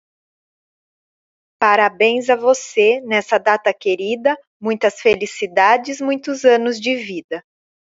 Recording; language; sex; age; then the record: short text; Brazilian Portuguese; female; 30 to 39 years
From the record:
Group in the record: control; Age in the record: 39 years